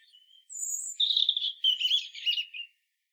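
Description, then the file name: European robin song: a thin high whistle followed by a warbling, jangling run of rapid notes that ends abruptly, on an otherwise silent background. "Erithacus rubecula"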